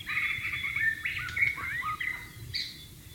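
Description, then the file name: White-rumped shama song: varied whistled phrases around mid-high pitch, some slurred and rising, with a low rumbling background. White-rumped shama (murai batu) in the wild. "suara burung murai batu di alam liar"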